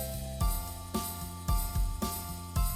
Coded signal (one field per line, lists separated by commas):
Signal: none